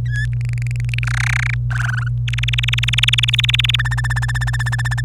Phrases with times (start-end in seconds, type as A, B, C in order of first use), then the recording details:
0.06-0.26 A, 0.33-1.05 B, 1.07-1.54 C, 1.70-2.08 D, 2.28-3.76 E, 3.79-5.01 F. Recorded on 26 April 2018 at 06:34. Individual llb3